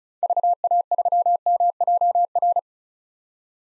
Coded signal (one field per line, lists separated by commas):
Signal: Morse code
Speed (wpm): 36 wpm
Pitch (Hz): 700 Hz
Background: none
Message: VA3MJR